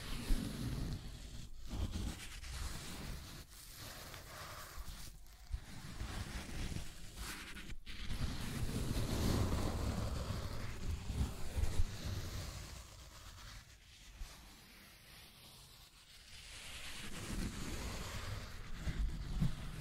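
Continuous rough scratching and tracing with a heavy low rumble, swelling midway and briefly dropping out around two, five and eight seconds.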